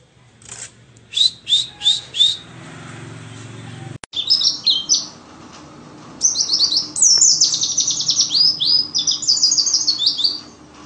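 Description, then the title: White-eye song: four spaced high chirps, a click, then two lively runs of rapid twittering and sweeping notes over low hum. Forest-type white-eye ('ngalas'), isian filler song used for masteran, tutoring captive songbirds. "mster Mnuk. Pleci ngalas isian untuk masteran"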